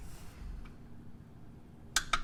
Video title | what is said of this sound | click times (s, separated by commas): This is 2016 to 2020 @Honda #Civic 10th Generation #oil #change DIY video under 12 minutes. Like/Sub | you heard the click | 2.0 s